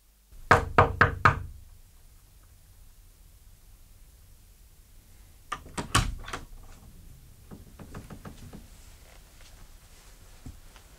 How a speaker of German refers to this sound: Ich habe geklopft, Sie haben offenbar nichts gehört.